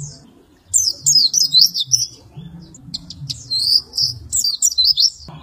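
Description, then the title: White-eye song: two bursts of high, rapid twittering notes, the first near one second and another after three seconds, with a faint low hum underneath. "Pleci"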